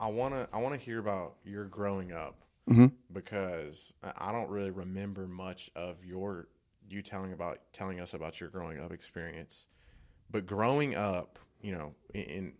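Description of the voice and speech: An adult man speaks in a relaxed, fluent conversational flow, with a steady low pitch and clear, smooth voicing. There are no blocks, repetitions or slurring, and a brief "mm-hmm" interjection breaks the phrases. This is an ordinary, healthy speaking voice in a quiet room.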